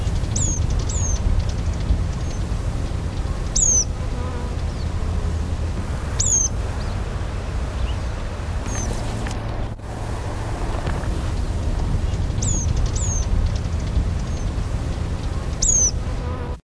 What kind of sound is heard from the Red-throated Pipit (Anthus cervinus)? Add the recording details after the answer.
call. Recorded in the wild. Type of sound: call. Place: IL. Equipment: Halbspur, 9,5 cm/s. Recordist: Lütgens, Hans. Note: Rufe